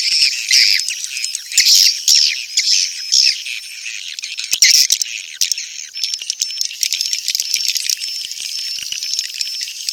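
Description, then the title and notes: Swiftlet calls, high twittering and buzzy chirps with thin whistled notes. Swiftlet sound used in swiftlet farming in Asia. "Swiflet Bird Sound. Farming Swiflet Bird asia sound"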